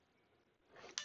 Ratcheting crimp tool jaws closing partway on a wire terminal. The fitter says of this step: I'll slowly bring it down into position you can hear it clicking and I